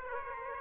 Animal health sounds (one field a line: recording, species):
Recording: mosquito wingbeat signal from an infrared sensor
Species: Aedes aegypti